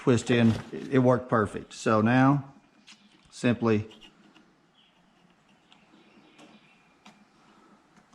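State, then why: Not seated. Someone talks for the first few seconds while an LED headlight is handled for fitting into a Jeep Wrangler headlight housing, with the stock rubber seal, to be twisted in until it locks. The rest of the clip is quiet handling with a few faint, short ticks. Nothing has seated or clicked yet.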